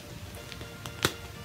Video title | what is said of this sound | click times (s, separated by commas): A GUIDE TO OSTOMY BAGS: HOLLISTER BRAND (Part 1 of 3) | then you just snap this and | 1.0 s